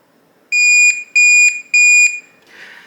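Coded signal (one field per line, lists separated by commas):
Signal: beep code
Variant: RELIABILT keypad door lock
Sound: three short high-pitched electronic beeps in quick succession, then faint rustle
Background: small room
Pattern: 3 short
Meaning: The factory reset is complete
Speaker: Once you hear those three short beeps, the reset is complete.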